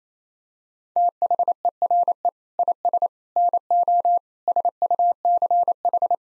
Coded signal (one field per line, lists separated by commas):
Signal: Morse code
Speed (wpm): 28 wpm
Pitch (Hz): 700 Hz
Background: none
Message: THERE IS NO SUCH